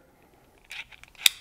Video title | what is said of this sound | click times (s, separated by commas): NEW Milwaukee Flip Socket Multi-Nut Driver vs Klein Tools 7-in-1 Impact Flip Socket - 48-22-2981 | there it hits all those notches and locks into place even the lowest Notch | 0.7 s, 1.0 s, 1.3 s